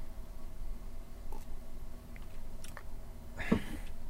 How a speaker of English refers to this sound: Let me just take a sip of water.